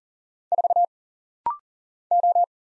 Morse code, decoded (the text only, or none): 4 O